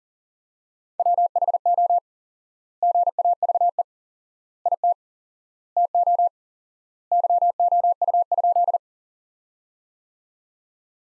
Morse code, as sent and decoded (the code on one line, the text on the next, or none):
.-- .... --- / --. .- ...- . / .. - / - --- / -.-- --- ..- ..--..
WHO GAVE IT TO YOU?